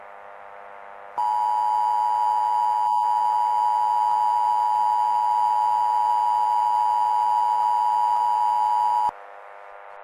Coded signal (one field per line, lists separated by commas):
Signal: Emergency Alert System (SAME) tones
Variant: 853 and 960 Hz attention tone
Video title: Rhadophobia Part 1: The Beginning (EAS Scenario)